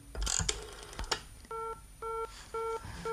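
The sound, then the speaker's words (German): A burst of mechanical clicks and rattles from a telephone being dialed, followed by a busy signal: four steady, evenly spaced tone pulses with short silences between them. “Ach, was soll denn das? Immer besetzt.”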